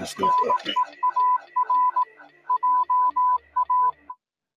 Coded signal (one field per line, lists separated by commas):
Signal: Morse code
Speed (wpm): 18 wpm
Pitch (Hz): 1000 Hz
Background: speech, music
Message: NEAR JA